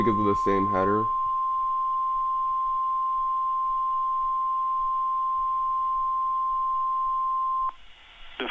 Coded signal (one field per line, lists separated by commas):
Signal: Emergency Alert System (SAME) tones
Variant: 1050 Hz attention tone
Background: speech